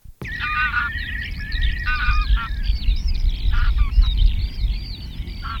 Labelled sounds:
Greylag Goose call
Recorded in the wild
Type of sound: call
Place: Insel Kirr, Barther Bodden, Mecklenburg-Vorpommern, DE
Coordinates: 54.421, 12.705
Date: 1970-05-24
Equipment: Nagra III BH, Sennheiser MD 21, parabola
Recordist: Schubert, Michael
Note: Graugans: Flugrufe einer Schar (24. - 25. 5. 1970)

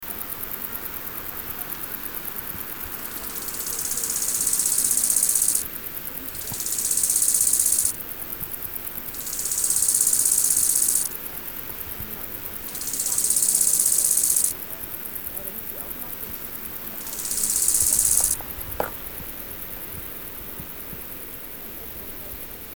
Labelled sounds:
Bow-winged Grasshopper stridulation
Wartbiter
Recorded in the wild
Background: Decticus verrucivorus
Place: Kloster, Insel Hiddensee, Mecklenburg-Vorpommern, DE
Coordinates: 54.5908, 13.1061
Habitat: dry meadow
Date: 2011-09-04 12:41
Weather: 29°C, sunny, weak winds
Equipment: Fostex FR2-LE, Sennheiser ME66, Popschutz
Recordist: Frommolt, Karl-Heinz
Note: Trockenhang nördlich von Kloster: Gesang eines Nachtigallgrashüpfers. Entfernung ca. 50 cm

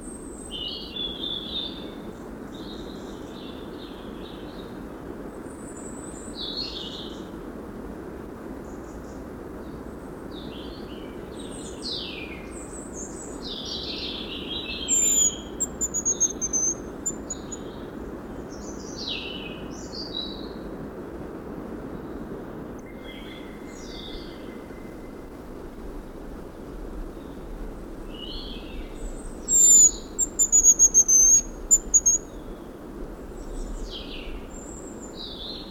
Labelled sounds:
Hazel Grouse call
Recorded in the wild
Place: Bicaz, Moldova, RO
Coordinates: 46.91, 26.085
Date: 1973-04-21
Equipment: Nagra III BH, Sennheiser MD 21, parabola
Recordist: Schubert, Michael

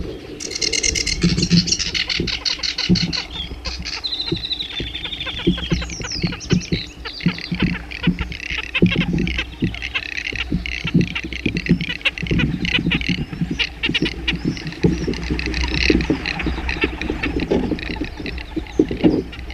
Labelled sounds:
Sedge Warbler song
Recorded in the wild
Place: Illmitz, AT
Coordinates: 47.7622, 16.8036
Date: 1972-05-02
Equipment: Uher Report 4200, AKG D190C in Doppel-Parabolreflektor
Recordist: Krey, Winfried

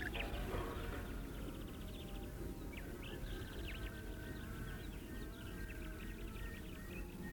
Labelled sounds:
Black-headed Bunting song
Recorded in the wild
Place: Džebel, Khaskovo, BG
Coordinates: 41.312, 25.274
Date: 1974-05-29
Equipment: Nagra III BH, Sennheiser MD 21, parabola
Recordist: Schubert, Michael
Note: 1 Gesang Kappenammer

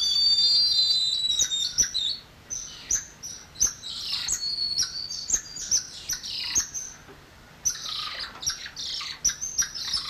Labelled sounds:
Golden Lion Tamarin call
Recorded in captivity
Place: Zoo Magdeburg, Sachsen-Anhalt, DE
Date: 1995-04-05 10:57
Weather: sonnig, 8°C
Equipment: Sony WM-D6C, Mikro Philips, Kopie Uher 4200 Report Mono
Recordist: Tembrock, Günter

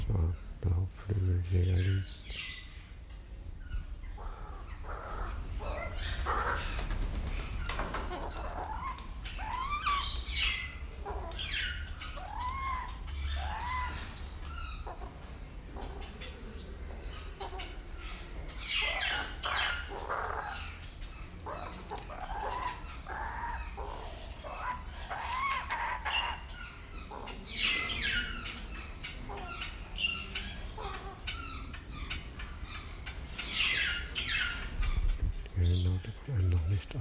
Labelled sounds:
Blue-winged Kookaburra call
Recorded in captivity
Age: adult
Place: Zoo Berlin, Berlin, DE
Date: 1992-12-25 10:53
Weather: heiter, -7°C
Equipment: Marantz CP 430, Sennheiser ME 80, Kopie Uher Variocord 263
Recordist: Tembrock, Günter

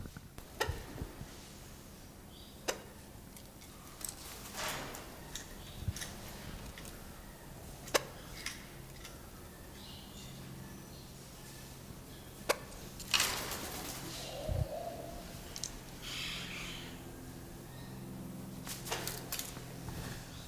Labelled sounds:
Hartlaub's Turaco call
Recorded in captivity
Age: adult
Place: Zoo Berlin, Berlin, DE
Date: 1997-10-25 10:52
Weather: wolkig, 3°C
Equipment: Nagra SN, Kopie Uher 4000 Report Monitor
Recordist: Tembrock, Günter

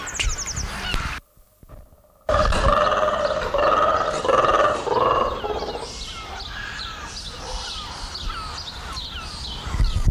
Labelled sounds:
Mantled Guereza call
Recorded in captivity
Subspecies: caudatus
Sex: group
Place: Zoo Berlin, Berlin, DE
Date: 1996-03-23 10:16
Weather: heiter, 4°C
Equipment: Sony WM-D6C, Sennheiser ME 80, Kopie Uher 4000 Report Monitor
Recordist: Tembrock, Günter
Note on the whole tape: Weißschwanzguereza: Lautfolgen in der Gruppe

